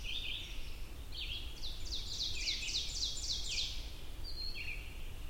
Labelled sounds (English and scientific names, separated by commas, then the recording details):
Ovenbird (Seiurus aurocapilla) song
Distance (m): 40 m
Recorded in boreal forest in Alberta, Canada, on 22 June 2016 at 05:09
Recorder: SongMeter 3, array SBT-6-76
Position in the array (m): 150 m, 99 m
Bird 3